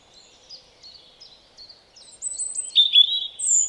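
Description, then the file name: European robin giving soft, thin high notes at first, then a louder burst of piercing whistles and a fast, sparkling warble. "Erithacus rubecula"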